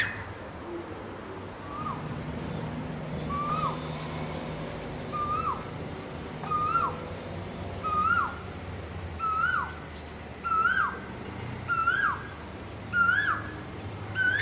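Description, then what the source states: Asian koel repeating a rising, slurred whistle about nine times, every second or so, growing louder as the series builds, with soft background hum. Calling to attract a mate.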